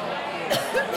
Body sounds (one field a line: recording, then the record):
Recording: coughing mixed with background sound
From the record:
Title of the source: Coughing Woman Sound - Woman Cough Sound Effect